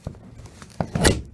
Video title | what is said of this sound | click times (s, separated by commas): Camper storm damage forestriver wind repair Aframe Fiberglass Repair | and then if you latch it it doesn't latch the roof down | 0.8 s